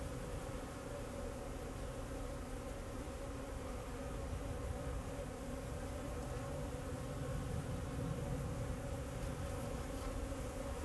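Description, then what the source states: Bees droning without pause, the buzz holding steady over a low background rumble. Bees flying around the recordist in Jacques Brelpark, Kersbeeklaan, Vorst, Belgium; train in background; recorded binaurally with a Sennheiser Ambeo binaural headset.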